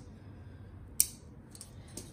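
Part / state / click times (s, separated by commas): spinning top layer locking onto its core/driver / seated / 1.0 s, 1.5 s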